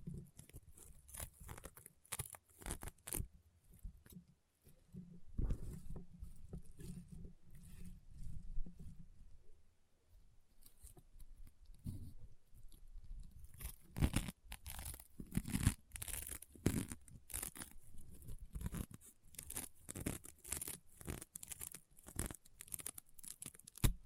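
Crunchy, popping slime makes dense bursts of sharp crackles and snaps, with a softer squishing stretch around five to ten seconds.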